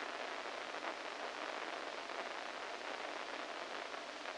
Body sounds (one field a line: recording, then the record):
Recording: brain microelectrode recording played as sound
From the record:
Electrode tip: inside the subthalamic nucleus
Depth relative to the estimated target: -4 mm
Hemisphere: right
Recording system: NeuroSet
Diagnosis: Parkinson's disease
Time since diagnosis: 14 years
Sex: male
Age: 51 years